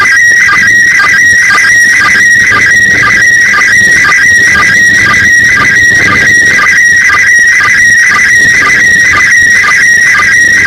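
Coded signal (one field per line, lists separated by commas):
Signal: SSTV (slow-scan television)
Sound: warbling tone near 1.9 kHz with rhythmic low chirps about twice a second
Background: radio static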